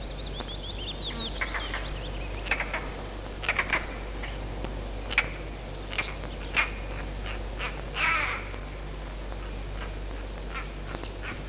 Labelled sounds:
European Roller (Coracias garrulus)
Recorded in the wild
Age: adult
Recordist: Meyer, Hugo

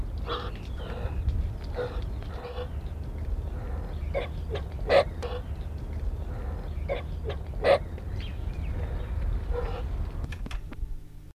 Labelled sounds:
Muscovy Duck (Cairina moschata) call
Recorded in captivity
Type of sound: call
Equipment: Halbspur, 9,5 cm/s
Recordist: Lütgens, Hans
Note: Erkirchen (?): Rufe

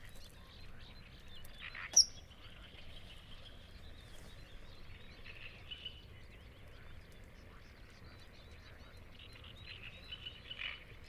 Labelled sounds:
Eurasian Coot (Fulica atra) call
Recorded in the wild
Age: adult
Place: Hobrechtsfelder Rieselfelder, Naturpark Barnim, Brandenburg, DE
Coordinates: 52.6681, 13.4717
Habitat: pond
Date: 2008-05-12
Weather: wolkenlos, windstill, ca. 15°C
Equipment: Sound Devices 702, Sennheiser MKH 70, Windkorb
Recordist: Frommolt, Karl-Heinz

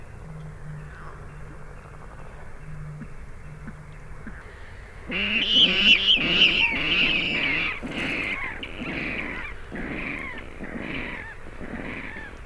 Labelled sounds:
Water Rail (Rallus aquaticus)
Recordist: Frommolt, Karl-Heinz
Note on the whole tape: Paar: Rufe

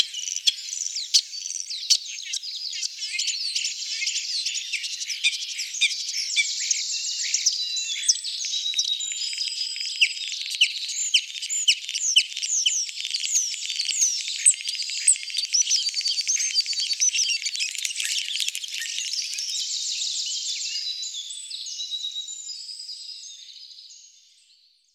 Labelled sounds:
European Starling (Sturnus vulgaris) song
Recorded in the wild
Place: Waltershofen / Freiburg im Breisgau, Baden-Württemberg, DE
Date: 2008-04-13
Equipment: MiniDisc Sharp MT 20 H
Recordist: Schwarz, Dieter
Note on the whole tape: Song

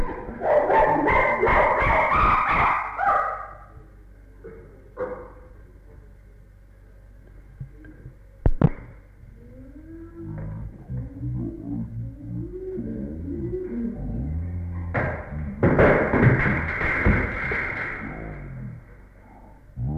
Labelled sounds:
Chimpanzee (Pan troglodytes)
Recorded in captivity
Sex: diverse
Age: adult
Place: Tierpark Berlin, Berlin, DE
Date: 1961-01-18
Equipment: Smaragd
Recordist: Korde and Stein

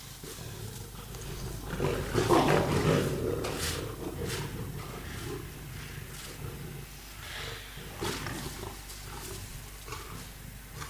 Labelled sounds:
Lion (Panthera leo) aggressive call
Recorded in captivity
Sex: group
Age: adult
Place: Tiergarten Nürnberg, Bayern, DE
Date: 1998-11-13 15:00
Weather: overcast, ca. 2-3°C
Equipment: Sony MD-WM MZ-R3, Sennheiser MKH 416 T, Kopie Uher 4000 Report Monitor
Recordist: Tembrock, Günter

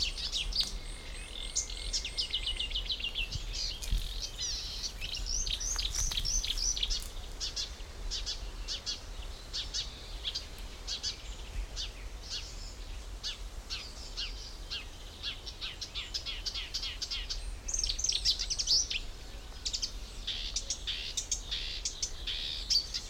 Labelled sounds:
Eurasian Coot (Fulica atra) call
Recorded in the wild
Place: Blankenfelde, Tegeler Fließ, Berlin, DE
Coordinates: 52.645, 13.395
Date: 1992-05-30 11:54
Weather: sonnig, heiter bis wolkig, 20-24°C, böiger Wind
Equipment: Marantz CP 430, Sennheiser ME 80, K 30 AV, Kopie Tesla B 116
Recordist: Tembrock, Günter

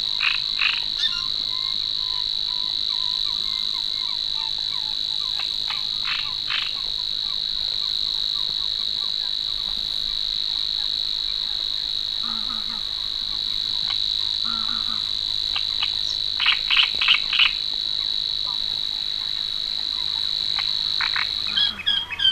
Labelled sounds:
Savi's Warbler (Locustella luscinioides) song
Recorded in the wild
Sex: male
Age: adult
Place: Warsow, Kummerower See, Mecklenburg-Vorpommern, DE
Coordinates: 53.8342, 12.8506
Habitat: wetland
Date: 2013-05-23 19:09
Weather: cloudy, weak wind, 15°C
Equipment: Sound Devices 702, Sennheiser MKH 70, Rycote Windschutz
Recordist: Frommolt, Karl-Heinz

